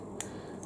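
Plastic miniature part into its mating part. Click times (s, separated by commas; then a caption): 0.2 s. Two plastic parts of a miniature figure are squeezed together until they push-fit home, giving a sharp little click at 0.2 s. A softer, higher tick follows at 0.6 s. The parts are seated together.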